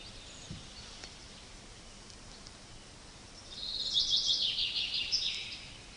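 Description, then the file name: Common chaffinch song: after a few seconds of near silence, one rapid trill of sharp notes ending in a brief flourish. "Fringilla coelebs"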